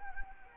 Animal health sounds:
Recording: mosquito wingbeat signal from an infrared sensor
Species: Anopheles arabiensis

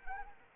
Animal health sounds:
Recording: mosquito wingbeat signal from an infrared sensor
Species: Anopheles arabiensis

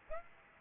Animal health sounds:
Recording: mosquito wingbeat signal from an infrared sensor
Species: Aedes albopictus

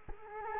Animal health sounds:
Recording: mosquito wingbeat signal from an infrared sensor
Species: Culex quinquefasciatus

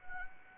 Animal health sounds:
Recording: mosquito wingbeat signal from an infrared sensor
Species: Anopheles arabiensis

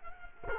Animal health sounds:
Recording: mosquito wingbeat signal from an infrared sensor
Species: Culex quinquefasciatus

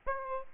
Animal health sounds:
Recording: mosquito wingbeat signal from an infrared sensor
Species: Aedes aegypti

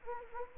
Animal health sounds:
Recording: mosquito wingbeat signal from an infrared sensor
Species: Anopheles gambiae

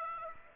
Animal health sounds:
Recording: mosquito wingbeat signal from an infrared sensor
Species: Aedes aegypti

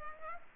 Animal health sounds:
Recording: mosquito wingbeat signal from an infrared sensor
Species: Culex pipiens

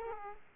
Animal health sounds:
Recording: mosquito wingbeat signal from an infrared sensor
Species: Aedes aegypti

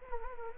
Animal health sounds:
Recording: mosquito wingbeat signal from an infrared sensor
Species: Culex quinquefasciatus

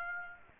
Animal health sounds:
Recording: mosquito wingbeat signal from an infrared sensor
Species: Aedes aegypti

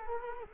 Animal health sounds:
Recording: mosquito wingbeat signal from an infrared sensor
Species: Culex quinquefasciatus

